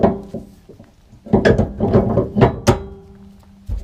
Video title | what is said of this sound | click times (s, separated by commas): XC 60 Towbar Fitting | Hear it click into place, that's it. | 1.5 s, 2.7 s